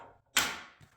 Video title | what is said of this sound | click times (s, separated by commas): King Size Bed with Hidden Compartments - Finished Shots! | such a satisfying click | 0.4 s